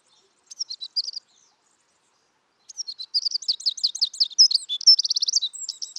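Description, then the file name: Eurasian wren: a brief snatch of high twitters, a pause, then a longer rush of sharp trilled notes and a fast rattle. "Troglodytes troglodytes"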